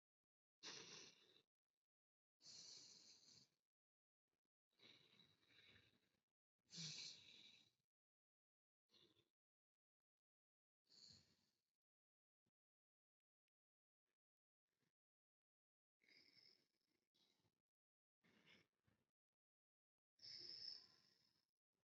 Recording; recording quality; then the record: deep breathing; excellent, no background noise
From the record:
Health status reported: COVID-19 positive, mild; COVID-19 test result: positive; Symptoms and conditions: cold, hypertension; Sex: female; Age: 39 years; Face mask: worn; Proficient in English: yes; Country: India